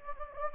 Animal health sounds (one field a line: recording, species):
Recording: mosquito wingbeat signal from an infrared sensor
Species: Anopheles gambiae